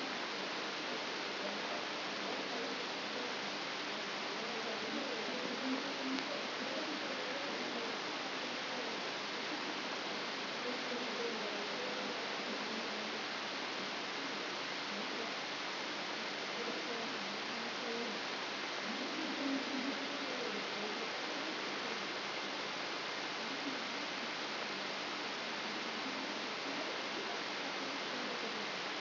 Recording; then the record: brain microelectrode recording played as sound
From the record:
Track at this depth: inside the subthalamic nucleus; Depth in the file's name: 5.101 mm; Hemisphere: left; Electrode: 3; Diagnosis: Parkinson's disease